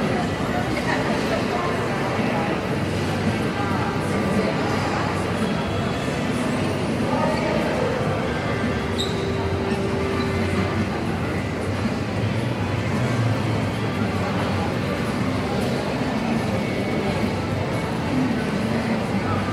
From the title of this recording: Inside Union Station